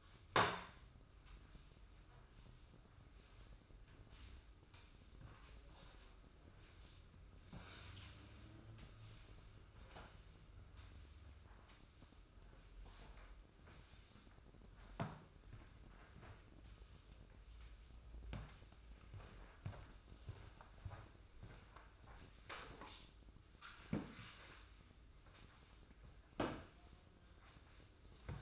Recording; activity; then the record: daily activity, microphone in the room; sweep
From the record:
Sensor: 2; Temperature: 24.2 degrees Celsius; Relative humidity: 31.4%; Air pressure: 995.8 hPa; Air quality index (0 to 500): 93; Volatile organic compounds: 5 ppm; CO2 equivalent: 1716 ppm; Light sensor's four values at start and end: 26/82/33/31 and 26/82/33/31